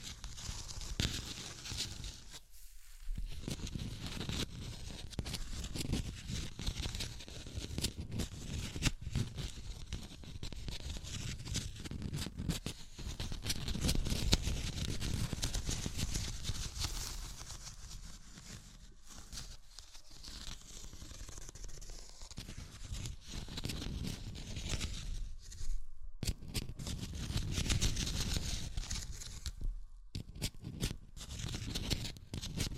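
Tapping and scratching sounds run through the clip as dense, gritty rustling with a heavy low rumble, swelling louder around 13–16 seconds. Brief near-silent gaps fall near 3, 26 and 30 seconds, and the texture shifts unevenly in between.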